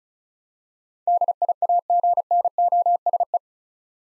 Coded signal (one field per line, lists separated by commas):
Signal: Morse code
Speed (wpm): 34 wpm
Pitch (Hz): 700 Hz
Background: none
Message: DIAGNOSE